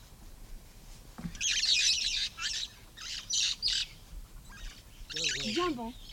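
Red-fronted parrot giving harsh, raspy screeches in a burst of several notes, followed by a lower wavering call with clear harmonics near the end.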